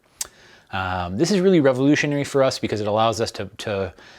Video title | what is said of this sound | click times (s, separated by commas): microSHIFT Acolyte - Explained | there's no way to turn it too far so it's really easy to use we just turn it click and you're good to go | 0.2 s